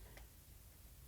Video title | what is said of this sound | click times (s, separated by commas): Video Tutorial Create two cards with Laura Milligan using the Sweet Citrus Bundle by Stampin Up! | you will see you have to just kind of wiggle it around, and it snaps right into place. | 0.2 s